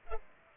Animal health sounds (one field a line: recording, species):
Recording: mosquito wingbeat signal from an infrared sensor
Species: Culex pipiens